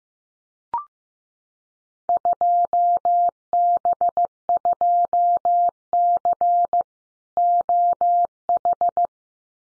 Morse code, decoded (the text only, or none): 2B2C OH